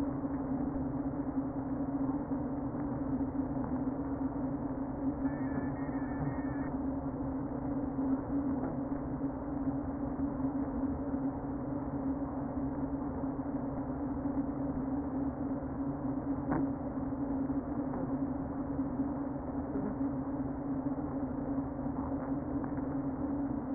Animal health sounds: honeybee colony, microphone inside the hive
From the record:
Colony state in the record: queen present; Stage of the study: before two queens were removed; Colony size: about 60,000 bees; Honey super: yes

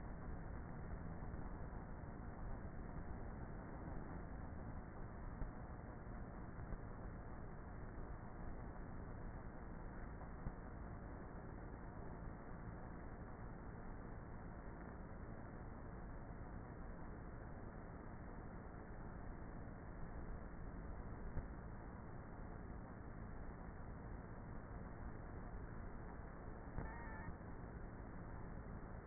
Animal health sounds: honeybee colony, microphone inside the hive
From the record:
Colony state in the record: queenless with a low population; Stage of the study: before two queens were removed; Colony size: about 30,000 bees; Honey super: no

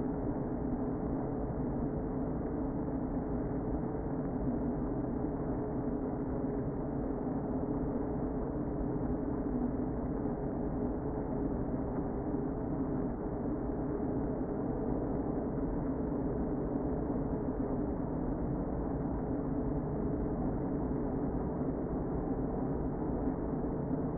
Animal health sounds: honeybee colony, microphone inside the hive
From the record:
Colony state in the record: queen present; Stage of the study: before two queens were removed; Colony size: about 60,000 bees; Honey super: yes

